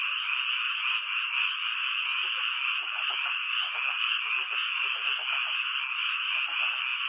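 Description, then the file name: Many frogs croaking together, a continuous buzzy trill that holds at an even level from start to finish. "kaeru"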